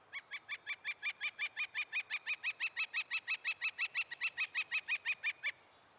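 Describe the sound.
Northern flicker call: a long, even run of many loud, sharp wick notes that stops abruptly. The background is quiet.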